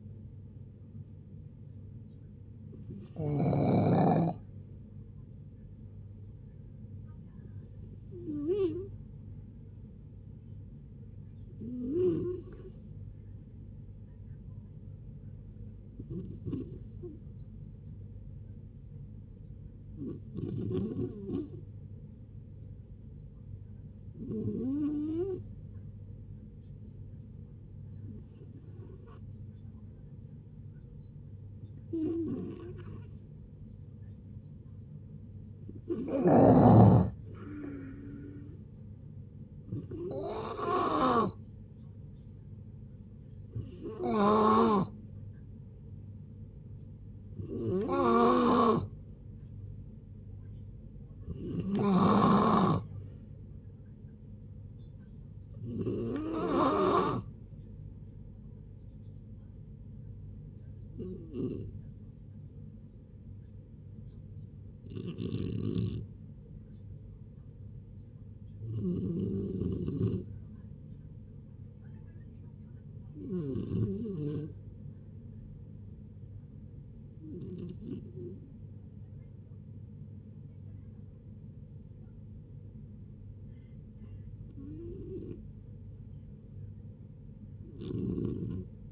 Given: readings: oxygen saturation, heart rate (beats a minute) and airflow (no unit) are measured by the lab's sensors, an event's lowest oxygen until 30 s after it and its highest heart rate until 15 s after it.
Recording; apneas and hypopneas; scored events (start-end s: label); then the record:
a person awake in a sleep study, by a smartphone at the bedside; none
0.00-88.92 s: awake
0.00-88.92 s: awake
From the record:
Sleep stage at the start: awake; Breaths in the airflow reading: 30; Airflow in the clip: -0.8 to 0.7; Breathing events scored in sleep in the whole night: 496 in 5.4 hours asleep